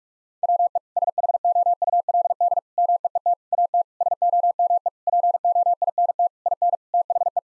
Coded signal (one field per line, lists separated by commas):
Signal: Morse code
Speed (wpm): 41 wpm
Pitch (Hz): 700 Hz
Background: none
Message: WE SHOULD MEET AT SOME POINT IN THE